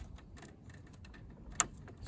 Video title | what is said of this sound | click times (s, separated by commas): How to replace the headlight switch. 1990 Chevrolet C1500. | slide it in till it clicks | 1.6 s